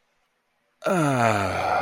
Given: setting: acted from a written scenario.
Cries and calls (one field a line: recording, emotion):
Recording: vocal sound without words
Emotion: ecstasy